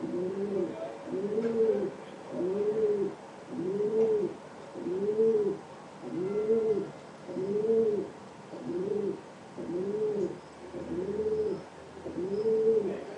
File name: Piccione Selvatico